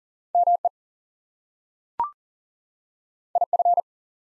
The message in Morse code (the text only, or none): ME IF